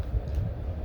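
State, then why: Not seated. A plastic Marvel Legends Xemnu build-a-figure limb is handled and pushed toward the figure's torso joint, with only a steady low rumble and soft handling noise throughout. Nothing has seated or clicked yet.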